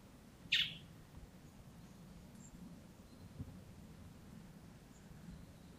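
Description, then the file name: Common blackbird uttering a single abrupt, harsh call note near the start, then only faint background rumble. "Turdus merula"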